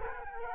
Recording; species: mosquito wingbeat signal from an infrared sensor; Culex quinquefasciatus